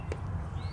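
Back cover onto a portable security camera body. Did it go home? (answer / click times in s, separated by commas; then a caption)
yes / 0.1 s. The back cover of a Reolink Argus MagiCam, a small battery-powered portable security camera, is pressed onto the camera housing. A single soft click at 0.1 s marks the cover latching on and seating, heard over a steady low-frequency background hum.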